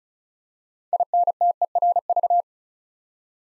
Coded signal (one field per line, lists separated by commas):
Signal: Morse code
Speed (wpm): 36 wpm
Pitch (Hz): 700 Hz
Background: none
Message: INTERV